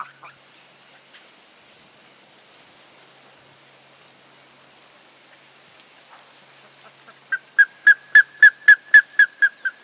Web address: Plumbeous-ibis صدای-پرنده-اکراس-سربی